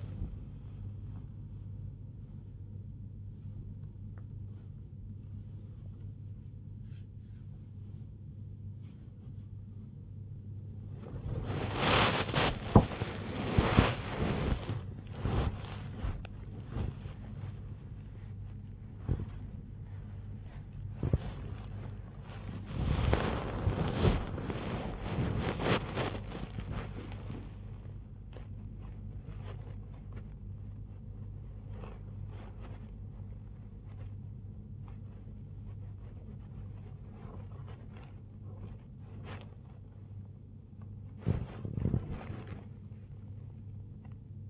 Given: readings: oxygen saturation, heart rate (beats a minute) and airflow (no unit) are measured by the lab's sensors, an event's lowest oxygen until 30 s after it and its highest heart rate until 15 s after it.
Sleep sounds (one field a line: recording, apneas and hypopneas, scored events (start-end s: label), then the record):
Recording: a person awake in a sleep study, by a smartphone at the bedside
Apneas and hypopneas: none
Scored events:
0.00-44.50 s: awake
From the record:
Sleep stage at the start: awake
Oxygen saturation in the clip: 95 to 96%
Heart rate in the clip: 85 to 104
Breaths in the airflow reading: 16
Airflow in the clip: -8.4 to 6.2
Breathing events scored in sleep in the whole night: 158 in 7.3 hours asleep